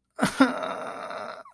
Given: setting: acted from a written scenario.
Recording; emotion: vocal sound without words; pain